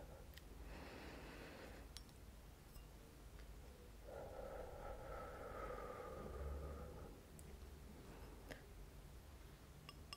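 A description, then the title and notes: Scratching and scrubbing on glass with a sponge, a longer rough rub midway, sharp taps scattered throughout, over a low steady hum. ASMR Tapping and Scratching Sounds (Glass, Sponge and Purse).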